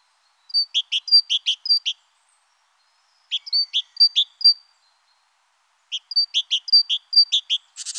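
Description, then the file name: Great tit singing a ringing, see-sawing two-note phrase, repeated in three short strophes separated by brief pauses. "Mésange-charbonnière"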